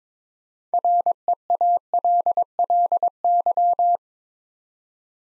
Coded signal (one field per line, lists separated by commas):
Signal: Morse code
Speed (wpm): 23 wpm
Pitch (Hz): 700 Hz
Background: none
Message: REALLY